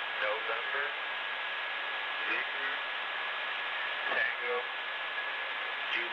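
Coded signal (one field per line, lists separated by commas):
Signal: numbers station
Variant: male voice, random letters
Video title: Spy Numbers station (Live ) random letters male 4725khz (with correction)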